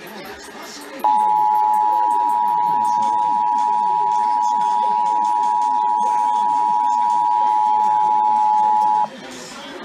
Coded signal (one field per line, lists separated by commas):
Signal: Emergency Alert System (SAME) tones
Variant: 853 and 960 Hz attention tone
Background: speech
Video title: Los Angeles Required Monthly Tests (EAS #3296-3341) 2/23/21